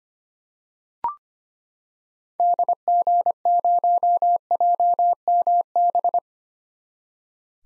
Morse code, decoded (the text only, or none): DG0JMB